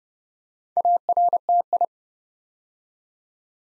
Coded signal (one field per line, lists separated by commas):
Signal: Morse code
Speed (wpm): 30 wpm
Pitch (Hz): 700 Hz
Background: none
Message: ARTI